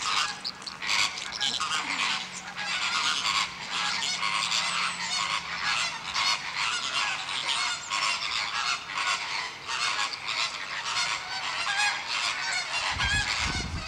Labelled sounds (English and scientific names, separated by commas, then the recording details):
Chilean Flamingo (Phoenicopterus chilensis) call
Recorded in captivity
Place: Zoo Berlin, Berlin, DE
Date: 1986-12-30 09:47
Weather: slightly cloudy, bright 5°
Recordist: Tembrock, Günter